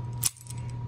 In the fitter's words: and there you go and then it should just click right in just like that okay